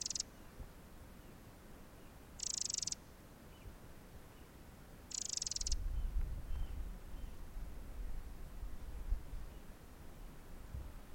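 Eurasian wren making three brief high rattling bursts a few seconds apart, with a low rumbling noise rising after the last one.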